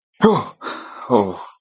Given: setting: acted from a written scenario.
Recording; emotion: vocal sound without words; negative surprise